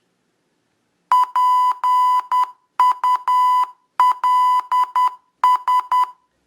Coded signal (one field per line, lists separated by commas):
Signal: Morse code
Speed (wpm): 10 wpm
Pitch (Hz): 1000 Hz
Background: none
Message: PULS